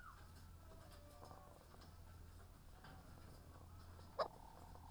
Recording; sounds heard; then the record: poultry house recording; sick chickens (respiratory disease)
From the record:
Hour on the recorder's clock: 18